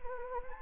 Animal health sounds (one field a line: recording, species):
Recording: mosquito wingbeat signal from an infrared sensor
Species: Anopheles arabiensis